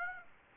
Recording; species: mosquito wingbeat signal from an infrared sensor; Aedes aegypti